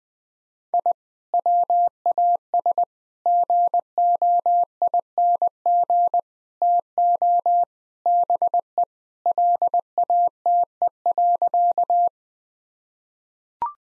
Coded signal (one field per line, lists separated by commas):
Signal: Morse code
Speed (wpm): 21 wpm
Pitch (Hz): 700 Hz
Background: none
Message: I WAS GOING TO BE LATE.